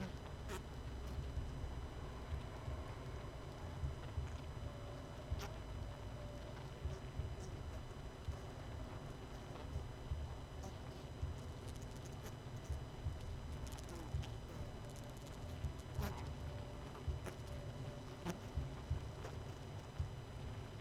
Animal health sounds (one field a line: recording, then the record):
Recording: honeybee colony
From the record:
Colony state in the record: missing queen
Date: 31 May 2018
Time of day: 20:23